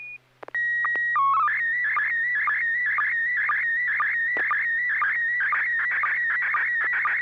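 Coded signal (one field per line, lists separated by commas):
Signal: SSTV (slow-scan television)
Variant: PD 120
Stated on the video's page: SSTV net using MMSSTV, sent over an FM repeater on 441.300 MHz in Sacramento, CA.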